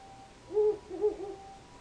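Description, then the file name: Owl hooting: two low, mellow hoots about half a second apart, over a steady faint hum. "fukuroo"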